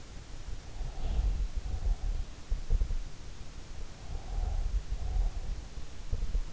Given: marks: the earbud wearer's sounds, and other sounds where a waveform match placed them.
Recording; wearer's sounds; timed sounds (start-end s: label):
sounds in sleep by an in-ear microphone; breath
0.54-2.62 s: breath
4.06-5.76 s: breath